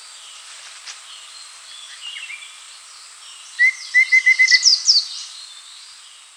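Rufous-fronted babbler song: a quick series of about six short, even whistled notes at one pitch, with higher chirps over the end, over a steady insect-like hiss.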